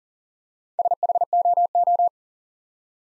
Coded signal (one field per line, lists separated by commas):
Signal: Morse code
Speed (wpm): 37 wpm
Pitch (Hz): 700 Hz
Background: none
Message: SHOO